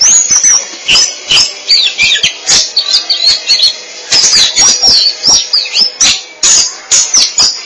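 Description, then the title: Oriental magpie-robin song with busy, scratchy twittering and sweet whistled notes delivered in quick phrases with short pauses. "Suara Kicauan Burung Kacer"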